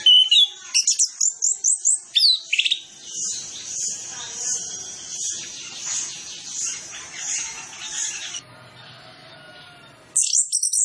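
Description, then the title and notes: Orange-headed Thrush song: a rapid burst of high chirped notes, then a steady run of high notes repeated about every 0.7 seconds, ending in another abrupt chirping burst. Lure track for Orange-headed Thrush, full of fill-in phrases, meant to prompt birds to sing fully and quickly. "Masteran Anis Kembang Full Isian Untuk Suara Pancingan Anis Kembang Agar Cepat Ngeplong. Suara Burung Anis Kembang"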